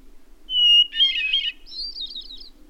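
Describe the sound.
Bird song: a level whistle, then a dense scratchy warble and a higher, quavering twittered ending, with a faint low hum behind.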